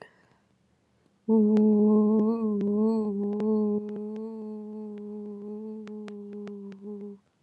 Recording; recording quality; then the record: sustained vowel as in boot; excellent, no background noise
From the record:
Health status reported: COVID-19 positive, mild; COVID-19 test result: positive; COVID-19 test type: rapid antigen test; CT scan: not taken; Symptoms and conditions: cough, sore throat, fever, fatigue, muscle pain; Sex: female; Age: 25 years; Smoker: no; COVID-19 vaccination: both doses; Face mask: not worn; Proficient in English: yes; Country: India